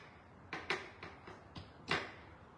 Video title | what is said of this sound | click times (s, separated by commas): Boat maintenance repairs motor/trailer/tire rotations | There you go. You can hear it clicking. It means it's locked. | 0.7 s, 1.9 s